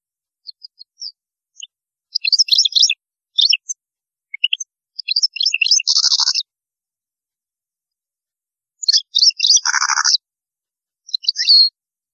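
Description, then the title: European goldfinch singing in bouts of quick liquid twitters, buzzy trills and chirps, with a lower nasal buzz inside two phrases and brief pauses between bouts. "Chant Chardonneret"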